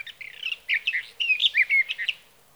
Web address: birdsongforthecurious songs Sage Thrasher